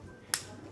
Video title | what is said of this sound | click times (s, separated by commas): Testing KITCHEN GADGETS from WISH... What's ACTUALLY Worth It? | It clicks in place, not difficult to | 0.3 s